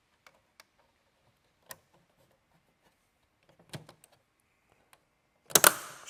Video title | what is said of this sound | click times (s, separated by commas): New Gauge Cluster, Radio, And Much More! H2 Hummer Custom Part 7! | should snap right in place. I got these two. | 5.6 s, 5.7 s